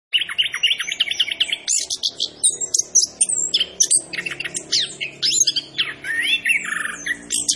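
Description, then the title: Orange-headed thrush song opening with a fast run of repeated notes, then a rich jumble of high twitters, whistles and rasping phrases. Described as gacor, a bird that sings prolifically; a 'Macan' orange-headed thrush. "Anis Kembang Gacor. Suara Anis Kembang Macan"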